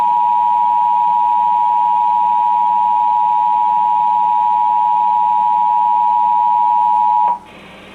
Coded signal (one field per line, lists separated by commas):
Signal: Emergency Alert System (SAME) tones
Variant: 853 and 960 Hz attention tone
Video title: Required Monthly Test - 06/05/19 (EAS #1,859)